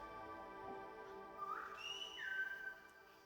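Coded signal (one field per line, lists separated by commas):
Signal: whistled language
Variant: Silbo Gomero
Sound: a short three-part whistle: a rising glide, a high held note, then a falling one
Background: faint steady hum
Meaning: Hen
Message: gallina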